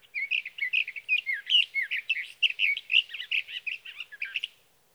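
Sage thrasher song: a long, rapid, nonstop run of varied warbled notes lasting over four seconds, in otherwise quiet surroundings.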